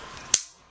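The blade of a Gerber/Bear Grylls Compact 2 folding knife is flicked open and locks into its open position in the handle with one sharp, bright snap at 0.3 s, ringing briefly before fading by about 0.5 s. The lock seats firmly and feels more secure than the older knife's, with no up-and-down blade play.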